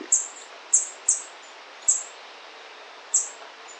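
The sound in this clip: White-browed foliage-gleaner call: five sharp, very high ticking notes at uneven intervals over quiet background hiss.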